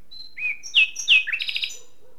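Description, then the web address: Common nightingale song phrase: clear whistled notes sliding down, then a quick series of repeated chirps. "SETE data Luscinia megarhynchos"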